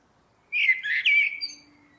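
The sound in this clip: Bird giving one short, harsh, squawky warble with wavering pitch, followed by a faint, thin trailing note.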